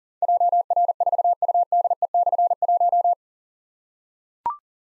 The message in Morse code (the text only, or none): JR4UDE/1